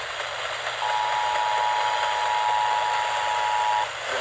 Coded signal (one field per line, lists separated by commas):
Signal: Emergency Alert System (SAME) tones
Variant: 853 and 960 Hz attention tone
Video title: EAS Alerts From 5/2/25: A Compilation (EAS 585-599)